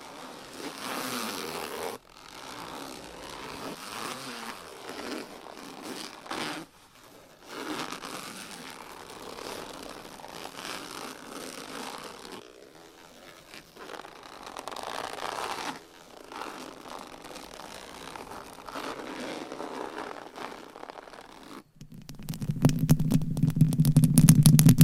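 Scratching and rubbing sounds come in bursts of a few seconds, separated by short silent gaps, with a dry, raspy texture like a zipper or crinkling material. Near the end, around 22 seconds, a louder, denser stretch of rapid low tapping takes over.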